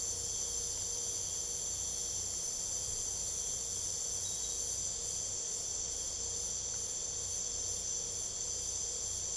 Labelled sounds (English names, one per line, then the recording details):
none
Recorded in pastures near Puerto Asís, Putumayo, Colombia, on 26 December 2024 at 01:30
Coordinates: 0.497, -76.327
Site G088